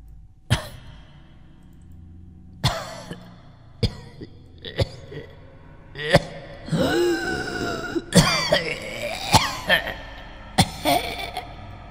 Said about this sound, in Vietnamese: Đúng lúc này, ở dưới lầu 1 vang lên một trận ho khan đầy thống khổ và rùng rợn.